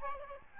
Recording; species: mosquito wingbeat signal from an infrared sensor; Aedes albopictus